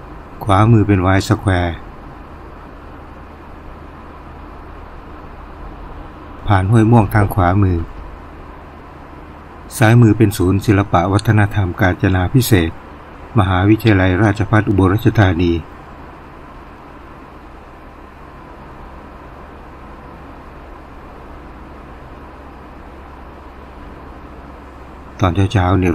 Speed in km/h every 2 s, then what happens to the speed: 51, 51, 54, 54, 53, 53, 53, 53, 51, 51, 50, 48, 48.
0-15 steady at about 53.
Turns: none.